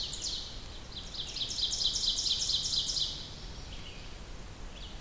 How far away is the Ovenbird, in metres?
about 50 m